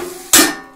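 On a mushroom bag filling machine with a polythene bag fitted on it, the bag holder is clamped shut with one loud metallic bang at 0.3 s, rising sharply over low background noise and fading within about half a second. The holder locks into place.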